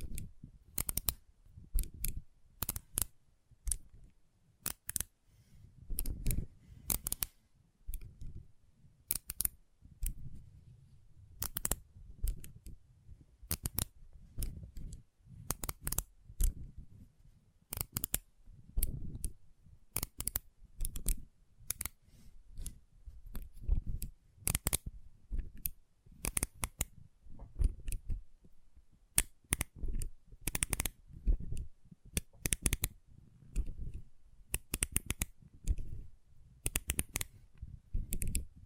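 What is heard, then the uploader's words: Magnets snap and click together, producing sharp, bright taps every second or so, sometimes in quick bursts of two or three. Between the clicks, soft low rubbing and shuffling sounds fill the gaps, like handling or sliding pieces. ASMR Intense Magnetic Tingles (No Talking).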